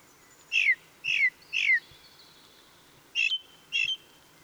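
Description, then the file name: Ring ouzel song: three loud descending piping notes in quick succession, a pause, then two more, over a faint thin whistle from another bird. Song recorded 26 April 2014. "Ringdrossel. Michle Pron"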